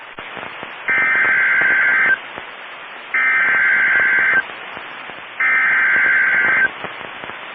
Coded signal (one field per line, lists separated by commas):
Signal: Emergency Alert System (SAME) tones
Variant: header bursts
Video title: EAS 1804-1808 (5/10/22)